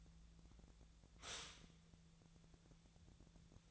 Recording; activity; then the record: daily activity, microphone in the room; stop toaster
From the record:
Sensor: 3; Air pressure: 1000.2 hPa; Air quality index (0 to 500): 153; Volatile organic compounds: 3 ppm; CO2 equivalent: 1352 ppm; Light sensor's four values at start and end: 37/95/40/43 and 37/95/40/43